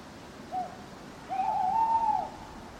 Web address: birds backgrounds churchyard night owls hooting clock strike